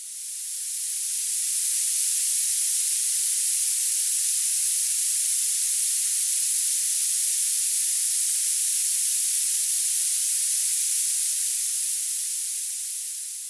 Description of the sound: Tinnitus Minimizer 16 k Hz Masking Noise Audio Clip.